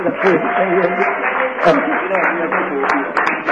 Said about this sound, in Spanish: Es fuerte el aplauso